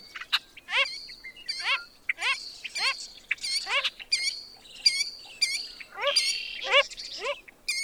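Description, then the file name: Wilson's phalarope giving a steady series of nasal, downslurred calls, with higher notes mixed in. "Wilsons Phalarope - Phalaropus tricolor"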